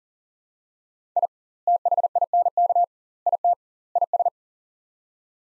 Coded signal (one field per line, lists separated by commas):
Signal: Morse code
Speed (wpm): 38 wpm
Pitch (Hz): 700 Hz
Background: none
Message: I THINK IT IS